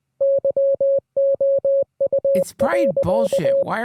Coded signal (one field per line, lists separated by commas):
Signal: Morse code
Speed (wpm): 20 wpm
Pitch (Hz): 550 Hz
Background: speech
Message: YOU.